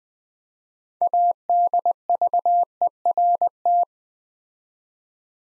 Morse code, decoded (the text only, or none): ADVERT